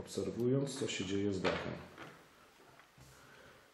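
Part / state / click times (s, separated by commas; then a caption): locomotive body shell onto model chassis / not seated / none. Someone talks while carefully refitting the plastic body shell of a Roco 754 067 model locomotive onto its chassis on a second attempt, watching the roof as it goes on. After the talking, only faint handling noises and a small soft tap near 2.8 s are heard. The shell has not clicked into place yet, even though it looks in position.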